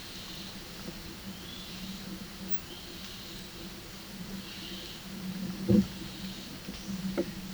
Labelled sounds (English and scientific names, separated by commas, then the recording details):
none
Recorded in dense forest near Puerto Asís, Putumayo, Colombia, on 18 February 2024 at 11:30
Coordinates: 0.502, -76.324
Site G6370